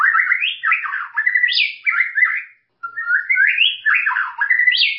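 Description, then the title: White-rumped shama song: dense, musical whistled phrases with rapid upward sweeps and twists, one short pause, then another rich burst. "Kicau Murai Batu"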